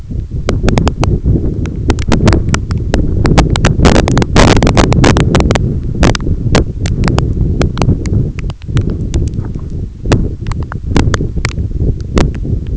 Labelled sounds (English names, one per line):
none